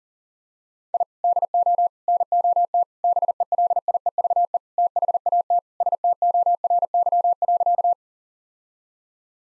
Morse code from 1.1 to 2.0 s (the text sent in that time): DO